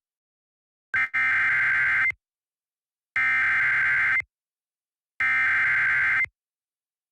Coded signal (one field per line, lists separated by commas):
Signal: Emergency Alert System (SAME) tones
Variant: header bursts